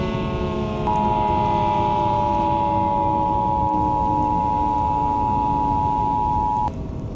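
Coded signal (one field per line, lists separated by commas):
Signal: Emergency Alert System (SAME) tones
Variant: 853 and 960 Hz attention tone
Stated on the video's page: Weather radio EAS alert.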